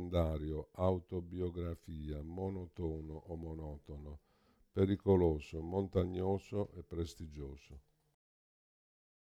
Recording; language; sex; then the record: read list of words; Italian; male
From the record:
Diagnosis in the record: Parkinson's disease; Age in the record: 65 years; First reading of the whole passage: 52 s, 9.9 characters per second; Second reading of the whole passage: 50 s, 10.3 characters per second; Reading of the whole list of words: 40 s, 7.0 characters per second